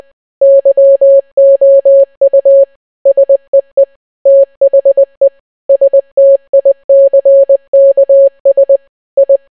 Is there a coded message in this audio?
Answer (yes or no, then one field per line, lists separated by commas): yes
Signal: Morse code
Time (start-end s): 0.4-9.4 s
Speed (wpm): 20 wpm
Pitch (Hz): 550 Hz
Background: none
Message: YOU SEE THE STICKS I